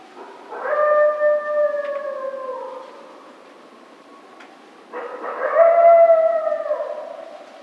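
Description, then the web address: Coyote howling: two long, drawn-out, mid-pitched howls, each holding steady then sliding slightly downward at the end, separated by a short pause. Howl, on 16 March 2010. "Coyote 2010 03 16 08 howl"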